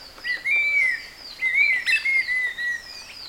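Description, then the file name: Cinnamon Attila calling: two slurred whistled notes, each rising then sagging. "attcin cri"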